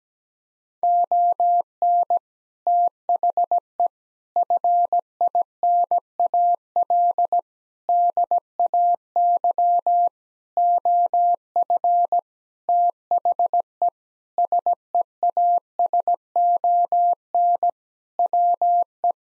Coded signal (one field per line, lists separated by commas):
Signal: Morse code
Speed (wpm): 17 wpm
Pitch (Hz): 700 Hz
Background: none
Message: ON THE FINAL DAY OF THE SEASON WE